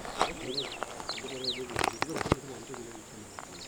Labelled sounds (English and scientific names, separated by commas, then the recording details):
Superb Starling (Lamprotornis superbus) flight call
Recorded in Kenya on 24 May 2010
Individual 22, of group CF2